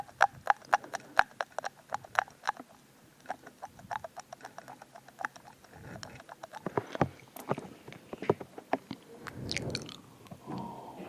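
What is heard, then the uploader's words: Crisp mouth sounds: rapid wet clicks and smacks come in quick bursts for the first few seconds, then thin out. After about six seconds the sounds grow louder and wetter, with a slurping, chewing rush near the ninth second. ASMR EAR EATING [tingly mouth sounds].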